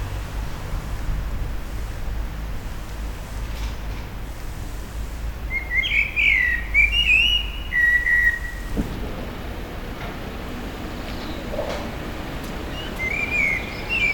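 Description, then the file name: Common blackbird song: fluty, warbling whistled phrases rising and falling, one long burst midway and a shorter one near the end, over a steady low rumble. At a petrol station, April 2021. "2021 APR-Amsel-Tankstelle"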